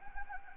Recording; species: mosquito wingbeat signal from an infrared sensor; Anopheles gambiae